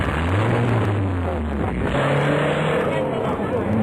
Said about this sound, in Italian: Beh, non ci crederete, ma abbiamo trovato un prezioso audio per farvi sentire il rombo dei motori della prima edizione, quella del 27. Pare di vederli sfrecciare davanti ai nostri occhi quei bolidi. Sentite un po'.